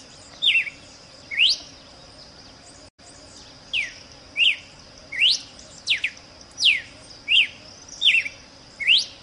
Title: Canto Galo Campina Fêmea. GALO de CAMPINA { chamado }